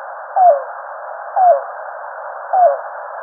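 Yellow-billed cuckoo uttering three short falling notes about a second apart against a steady hissing background.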